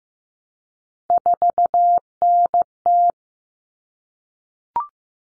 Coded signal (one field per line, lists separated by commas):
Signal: Morse code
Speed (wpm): 15 wpm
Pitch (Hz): 700 Hz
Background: none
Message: 4NT